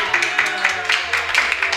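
A short burst of applause for a child from a small group, claps landing in a loose, fairly steady rhythm at moderate volume over a low background hum.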